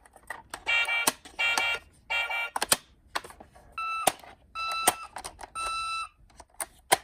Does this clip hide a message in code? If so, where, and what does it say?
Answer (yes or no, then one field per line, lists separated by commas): no